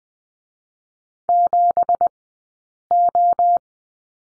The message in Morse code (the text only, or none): 7O